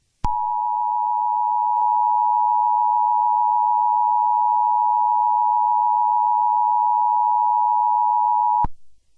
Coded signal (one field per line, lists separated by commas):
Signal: Emergency Alert System (SAME) tones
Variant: 853 and 960 Hz attention tone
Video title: The Growling Man - EAS Scenario